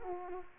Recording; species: mosquito wingbeat signal from an infrared sensor; Culex quinquefasciatus